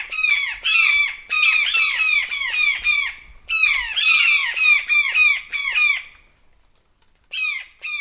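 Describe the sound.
Brown jay alarm: rapid, overlapping harsh screeches in a dense burst, a second burst after a brief break, then a silent pause before calling resumes.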